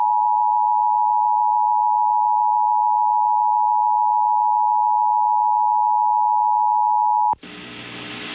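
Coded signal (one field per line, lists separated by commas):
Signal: Emergency Alert System (SAME) tones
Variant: 853 and 960 Hz attention tone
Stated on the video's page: Virginia statewide tornado drill on AM/FM broadcast, with new NOAA text-to-speech voice; audio somewhat distorted.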